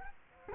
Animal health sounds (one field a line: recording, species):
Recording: mosquito wingbeat signal from an infrared sensor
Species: Culex quinquefasciatus